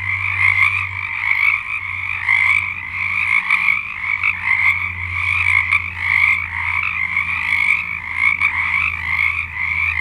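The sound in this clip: Frogs calling in a dense chorus, overlapping trilled croaks forming a continuous high pulsing wall of sound with a low steady hum underneath.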